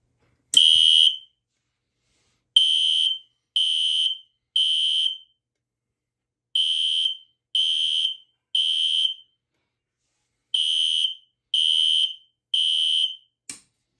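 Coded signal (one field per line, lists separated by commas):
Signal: alarm pattern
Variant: System Sensor 3K tone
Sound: harsh 3 kHz horn beeping in three groups of three, brief pause between groups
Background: strobe clicks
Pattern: temporal three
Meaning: Temporal-3 pattern is the standard fire evacuation signal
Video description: 4 tone/coding options: .Mechanical Temporal 3 .Mechanical Continuous .3K Temporal 3 .3K Continuous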